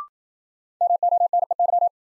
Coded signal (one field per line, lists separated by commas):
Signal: Morse code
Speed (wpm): 52 wpm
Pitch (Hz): 700 Hz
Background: none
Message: MONEY